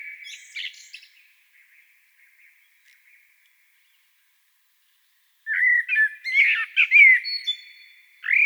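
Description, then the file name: Common blackbird song: a phrase fades out at the start, then after a long pause comes a rich flutey warble mixed with squeaky notes. "Turdus merula"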